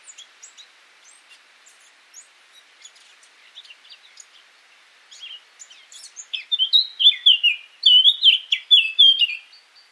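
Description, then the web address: Eurasian blackcap song: soft, scratchy warbling at first, then a loud, clear, fluty phrase of rich whistled notes toward the end. "cianscape birddata Deverinetal 2025"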